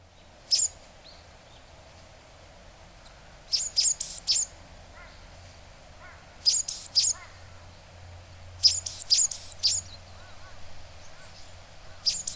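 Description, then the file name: Japanese tit calls: short clusters of several high, sharp notes, repeated every few seconds, with faint lower chirps between bursts and a steady low background hum. In Hyogo, dated 08-02; reference voice material. "sijuukara 3 0802 hyogo kaji"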